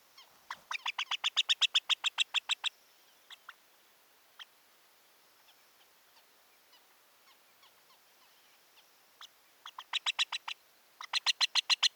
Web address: montagu's harrier. صدای-پرنده-سنقر-گندمزار